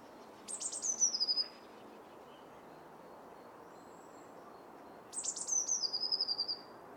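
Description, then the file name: Eurasian blue tit song repeated twice, high piercing introductory notes followed by a fast, descending silvery trill, separated by several seconds of faint background noise. "Cyanistes caeruleus"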